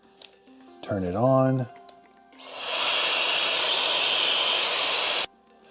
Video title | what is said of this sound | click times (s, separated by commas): "Unlock Pro Hair Styling at Home! Transform Your Hair with Flex Style HD430 by Sharq!" | same with these attachments you're just going to kind of put them on they just rotate just a little bit you'll hear it click | 0.2 s